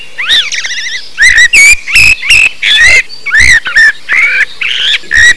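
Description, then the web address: Bird calls: loud, harsh, squealing whistled notes rising and falling, in rapid irregular bursts with short gaps between them. "动物鸟叫声素材"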